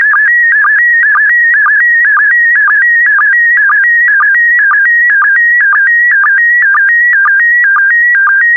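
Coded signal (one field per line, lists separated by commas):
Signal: SSTV (slow-scan television)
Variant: PD120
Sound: warbling tone shifting between pitches, with a short low chirp about twice a second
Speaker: complete. You can now check your decoded image against the picture that is shown on the video.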